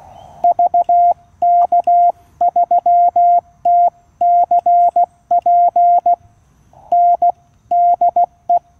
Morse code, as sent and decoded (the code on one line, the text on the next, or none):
...- -.- ...-- - -.-. .--. / -. / -.. .
VK3TCP N DE